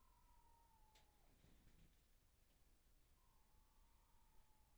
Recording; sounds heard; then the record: poultry house recording; healthy chickens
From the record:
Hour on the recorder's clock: 12